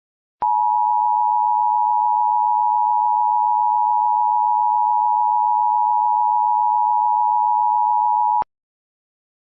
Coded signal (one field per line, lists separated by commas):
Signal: Emergency Alert System (SAME) tones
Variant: 853 and 960 Hz attention tone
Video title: Tornado Warning EAS 7/6/26